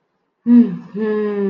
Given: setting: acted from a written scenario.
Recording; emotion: vocal sound without words; ecstasy